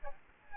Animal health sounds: mosquito wingbeat signal from an infrared sensor; Aedes albopictus

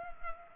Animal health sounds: mosquito wingbeat signal from an infrared sensor; Culex pipiens

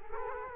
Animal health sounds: mosquito wingbeat signal from an infrared sensor; Culex quinquefasciatus

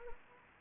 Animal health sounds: mosquito wingbeat signal from an infrared sensor; Anopheles arabiensis

